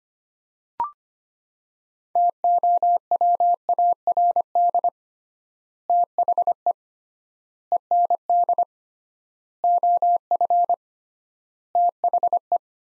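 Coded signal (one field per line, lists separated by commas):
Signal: Morse code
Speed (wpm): 25 wpm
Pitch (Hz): 700 Hz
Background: none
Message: TOWARD THE END OF THE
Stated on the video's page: Morse practice at 25 wpm, sets of five words with 3x word spacing, a Farnsworth-like method.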